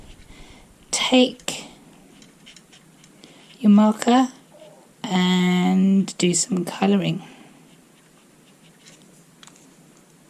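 Someone talks while handling a water-based felt-tip marker and its plastic cap, with faint light scratches and taps between phrases and near the end. The cap has not yet clicked or seated onto the marker.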